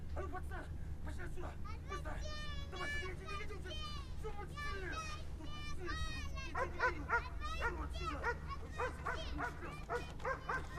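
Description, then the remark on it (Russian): A dog barks over and over in quick, excited bursts as it runs after a man, sharp and fairly high-pitched, with a few whiny yips mixed in above a steady low hum. “Следом за ним побежала собака.”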